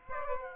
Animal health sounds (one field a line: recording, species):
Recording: mosquito wingbeat signal from an infrared sensor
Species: Aedes aegypti